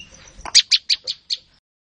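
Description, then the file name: Olive-backed tailorbird giving a short burst of five loud, sharp high chips, falling slightly in loudness, after a faint low note. "suara burung prenjak lumut. omkicau"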